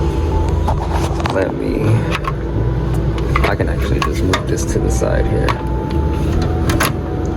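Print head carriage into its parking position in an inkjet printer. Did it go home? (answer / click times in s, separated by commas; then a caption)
yes / 6.8 s. A plastic print head carriage in an inkjet printer is slid back to the side into its parking position after cleaning, while someone talks over a steady background hum with scattered small clicks and taps. The carriage clicks and locks into its home position at 6.8 seconds, and it is seated.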